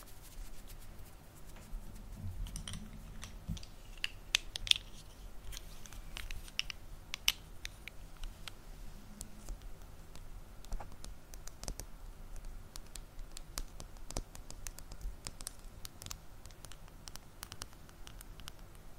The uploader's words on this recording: ASMR Mic Brushing, Scratching, & Fast Tapping (No Talking).